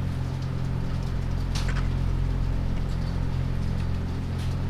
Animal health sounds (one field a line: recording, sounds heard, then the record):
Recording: poultry house recording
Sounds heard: sick chickens (respiratory disease)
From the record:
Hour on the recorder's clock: 1